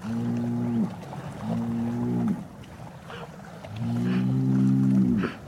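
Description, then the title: Cow mooing: two moderate moos, then after a pause a longer, drawn-out moo. "Eco-Moo-tion: The Ecological Soundscape of Cow Conversations"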